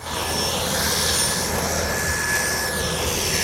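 A long, narrow turboprop airplane arriving at an airport for a skydiving flight, its engine roaring steadily in a broad rushing drone with a thin high-pitched turbine whine held throughout. No voices are heard.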